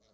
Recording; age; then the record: pig call; piglet (1 to 25 days)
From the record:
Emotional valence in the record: positive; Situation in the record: short reunion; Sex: male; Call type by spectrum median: low-frequency call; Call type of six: low-frequency stable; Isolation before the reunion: 3 minutes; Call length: 0.14 s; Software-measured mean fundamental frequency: 54 Hz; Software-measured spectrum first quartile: 428 Hz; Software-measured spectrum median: 1705 Hz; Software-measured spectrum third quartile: 6061 Hz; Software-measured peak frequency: 654 Hz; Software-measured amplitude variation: 43 dB a second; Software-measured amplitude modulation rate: 18.0 a second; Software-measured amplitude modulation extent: 2.4 dB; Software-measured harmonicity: 3.1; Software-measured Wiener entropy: -1.97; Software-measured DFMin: 1078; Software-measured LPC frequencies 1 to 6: 560, 1187, 2155, 4027, 5243, 5992 Hz